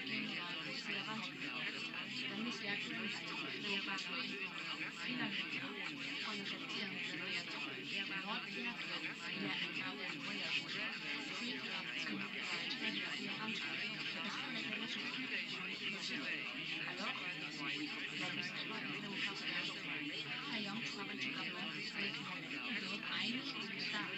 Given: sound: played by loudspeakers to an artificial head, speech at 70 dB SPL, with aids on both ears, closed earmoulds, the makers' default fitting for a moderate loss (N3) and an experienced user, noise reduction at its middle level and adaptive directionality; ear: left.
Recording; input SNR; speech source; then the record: speech test signal (ISTS) in cocktail-party noise; -3 dB; on the right (90 degrees)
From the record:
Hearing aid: class 1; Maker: D